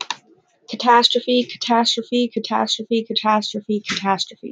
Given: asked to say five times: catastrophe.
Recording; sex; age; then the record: repeated word; female; 20 to 29 years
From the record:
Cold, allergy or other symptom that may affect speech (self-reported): no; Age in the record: 24 years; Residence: West Virginia, United States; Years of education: 12